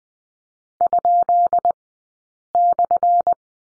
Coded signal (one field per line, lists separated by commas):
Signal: Morse code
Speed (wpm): 20 wpm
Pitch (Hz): 700 Hz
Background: none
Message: ?/